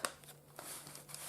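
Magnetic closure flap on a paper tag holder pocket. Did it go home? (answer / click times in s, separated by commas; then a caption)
no / none. A magnetised paper flip pocket, the magnetic closure flap on a paper tag holder on a journal page, is pressed closed by hand, giving a sharp tap at the start followed by soft papery rustles and light touches. The magnets do not snap together and nothing has clicked shut, likely because masking tape has been put on it.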